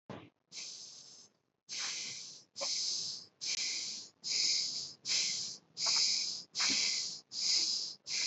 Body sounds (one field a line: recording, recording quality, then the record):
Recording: shallow breathing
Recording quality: excellent, no background noise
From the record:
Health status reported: respiratory illness, not identified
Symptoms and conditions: asthma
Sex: female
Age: 23 years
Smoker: not ticked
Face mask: not worn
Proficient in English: yes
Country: India